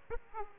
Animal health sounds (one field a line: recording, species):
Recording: mosquito wingbeat signal from an infrared sensor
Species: Aedes aegypti